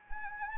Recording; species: mosquito wingbeat signal from an infrared sensor; Anopheles arabiensis